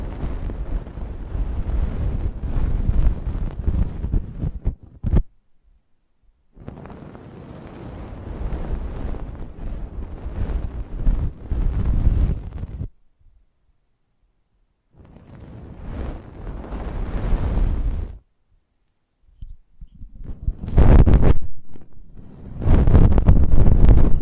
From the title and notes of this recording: ASMR Close Up Mic Treatment Tingle Galore (No Talking).